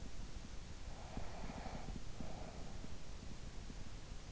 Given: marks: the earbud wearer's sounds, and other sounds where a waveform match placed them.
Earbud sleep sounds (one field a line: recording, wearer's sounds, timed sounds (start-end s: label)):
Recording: sounds in sleep by an in-ear microphone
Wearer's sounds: breath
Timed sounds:
0.44-3.59 s: breath